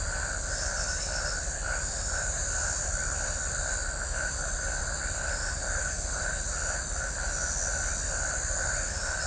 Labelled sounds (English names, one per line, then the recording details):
none
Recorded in shrubland near Pivijay, Magdalena, Colombia, on 5 June 2023 at 21:00
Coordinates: 10.453, -74.365
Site P5-G022